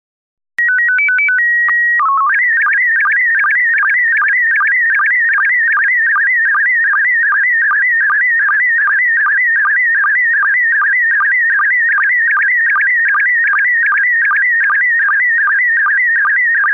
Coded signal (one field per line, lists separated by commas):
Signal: SSTV (slow-scan television)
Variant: PD 50